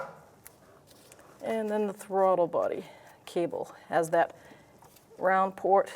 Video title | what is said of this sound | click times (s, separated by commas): How to Replace Exhaust Manifold 1992-1996 Ford F-150 | Push it till it clicks. | 0.5 s